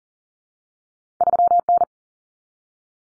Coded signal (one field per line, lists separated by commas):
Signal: Morse code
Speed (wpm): 40 wpm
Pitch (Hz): 700 Hz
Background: none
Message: 3N